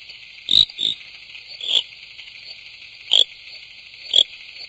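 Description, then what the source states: Pickersgill's reed frog calling, short sharp high clicking chirps given singly at irregular intervals, over a steady high insect-like hiss. Known from about 10 small ponds in the Durban area, largest population beside the new airport; calls low in dense reeds, dives into water when disturbed.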